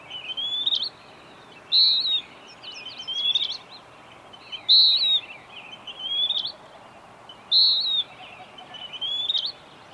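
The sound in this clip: Bird delivers repeated whistled song phrases, loud clear notes alternating with softer chattering bursts, over constant hiss.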